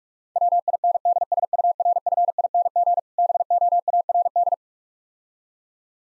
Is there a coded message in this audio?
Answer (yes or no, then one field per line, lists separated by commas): yes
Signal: Morse code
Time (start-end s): 0.4-4.5 s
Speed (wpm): 46 wpm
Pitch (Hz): 700 Hz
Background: none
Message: WINDSURFING BOARD